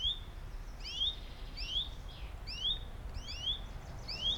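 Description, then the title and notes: Bird calls: clear upswept chirps from two birds answering each other, over low background noise. Two birds calling in competition, Buchet, Germany. "Buchet, Deutschland - Vogelwettschreien. Birds battle. Zwei Vögel schreien um die Wette, auf der westlich gelegenen Straße fährt ein Bus, ein Flugzeug fliegt über das Gebiet"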